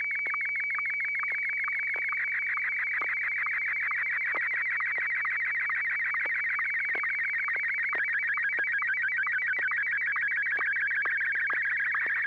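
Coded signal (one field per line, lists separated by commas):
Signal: SSTV (slow-scan television)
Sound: continuous warbling, chirping tone with a steady rhythmic blip about twice a second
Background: low hum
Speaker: N6yg. He's first up. Like I said, he didn't skip a beat. So, uh, I'm sure he's got something ready for us. So, if you are ready, George, go ahead and send.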